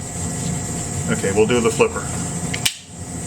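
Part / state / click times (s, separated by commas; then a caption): blade lock of a folding knife / seated / 2.5 s, 2.7 s. Someone talks over a steady background hum, then a folding knife blade is flicked open with its flipper tab and the blade lock engages with two sharp clicks at 2.5 and 2.7 s. The lock clicks firmly into place, a good solid click, and the hum drops quieter right after.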